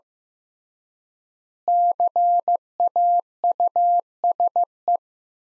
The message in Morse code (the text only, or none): CAUSE